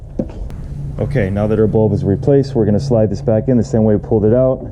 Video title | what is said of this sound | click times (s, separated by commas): F150 Turn Signal Light Bulb Replacement | and turning it back right until it clicks back into place | 0.2 s